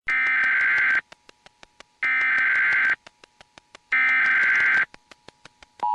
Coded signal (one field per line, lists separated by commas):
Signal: Emergency Alert System (SAME) tones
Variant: header bursts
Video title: National EAS Test - Nov 9 2011 - Audio Recorded from WDVD-FM